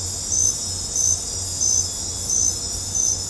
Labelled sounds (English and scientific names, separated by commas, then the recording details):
none
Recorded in dense forest near Puerto Asís, Putumayo, Colombia, on 26 December 2024 at 00:30
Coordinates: 0.503, -76.323
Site G043